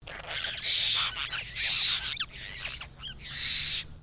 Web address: Foundation Updates BIRD APOSTLE BIRD GROUP CALL